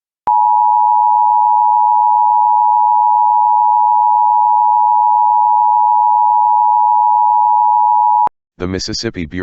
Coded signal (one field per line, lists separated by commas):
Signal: Emergency Alert System (SAME) tones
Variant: 853 and 960 Hz attention tone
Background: speech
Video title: EAS Child Abduction Emergency (AMBER Alert) Gulfport, Mississippi Statewide Alert